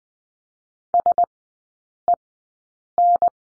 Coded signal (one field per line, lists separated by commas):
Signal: Morse code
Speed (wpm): 20 wpm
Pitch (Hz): 700 Hz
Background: none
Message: SEN